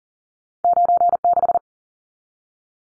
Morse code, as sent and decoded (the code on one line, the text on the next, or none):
----. -....
96